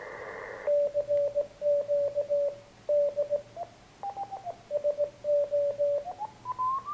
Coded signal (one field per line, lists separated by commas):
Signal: Morse code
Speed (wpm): 17 wpm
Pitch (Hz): 580 Hz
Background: radio noise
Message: CQ D SO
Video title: ทดลองเครื่องส่ง 21MHz QRP 300mw